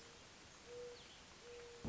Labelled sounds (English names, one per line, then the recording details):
Mourning Dove
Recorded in Sonoma County, California